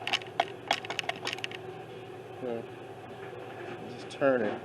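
A stripped screw in the heater box housing of a 1974 Chevy Camaro spins in place while being turned during heater box screw removal for a heater core replacement. A run of short, sharp ticks is heard at 0.1, 0.4, 0.7, 1.0, 1.1 and 1.4 seconds, and then someone talks. The screw is stripped and only spins without coming out.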